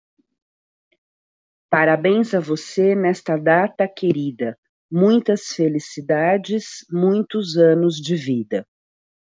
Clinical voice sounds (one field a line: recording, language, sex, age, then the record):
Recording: short text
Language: Brazilian Portuguese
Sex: female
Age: 50 to 59 years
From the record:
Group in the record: control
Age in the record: 59 years